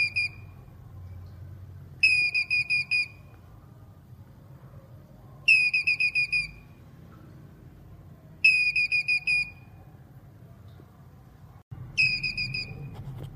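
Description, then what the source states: Squirrel calls: several high, sharp bursts of rapid chattering notes, each about a second long, coming every few seconds over a low background rumble. Male, calling.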